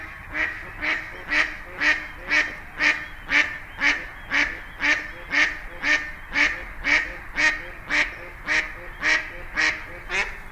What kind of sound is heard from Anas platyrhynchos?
call